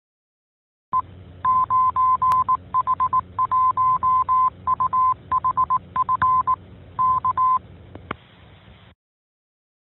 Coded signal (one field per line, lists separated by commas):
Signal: Morse code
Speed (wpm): 18 wpm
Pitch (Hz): 1030 Hz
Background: none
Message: E 9H1UHF K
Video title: 12. 9H-HAM GlobalNet - Main topic - HAM Radio Licensing in the USA [15 Jul 2021]